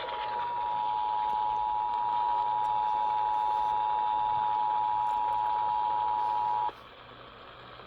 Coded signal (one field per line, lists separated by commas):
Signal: Emergency Alert System (SAME) tones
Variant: 853 and 960 Hz attention tone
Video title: eas svr Eas#307- 308)